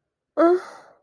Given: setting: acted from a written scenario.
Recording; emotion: vocal sound without words; disappointment